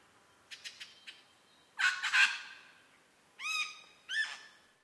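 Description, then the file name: Superb lyrebird song with quick clicking notes, a loud harsh rasp, then two ringing rising notes with rich harmonics. Mount Airly. "SLB-mt airly 300511"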